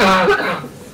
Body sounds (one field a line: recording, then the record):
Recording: coughing mixed with background sound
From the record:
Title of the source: Barking cough - # 10